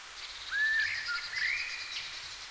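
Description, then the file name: Common blackbird fluting song phrase: a clear whistled note sliding upward, followed by softer warbled notes, over faint hiss. "Turdus merula"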